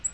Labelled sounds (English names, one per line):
Black-throated Green Warbler flight call